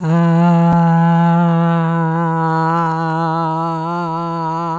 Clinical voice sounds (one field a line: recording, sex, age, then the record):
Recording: sustained vowel /a/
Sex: female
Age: 70 to 79 years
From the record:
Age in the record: 72 years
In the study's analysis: excluded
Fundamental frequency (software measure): 165 Hz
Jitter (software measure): 0.29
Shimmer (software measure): 0.92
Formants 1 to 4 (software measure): 927 Hz, 1360 Hz, 2887 Hz, 3880 Hz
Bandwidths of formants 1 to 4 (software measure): 84 Hz, 142 Hz, 299 Hz, 297 Hz